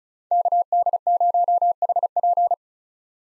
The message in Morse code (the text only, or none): KD0HP